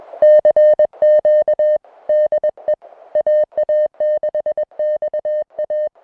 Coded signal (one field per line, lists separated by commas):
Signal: Morse code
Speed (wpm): 21 wpm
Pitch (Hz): 610 Hz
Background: music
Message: CQ DE AA6XA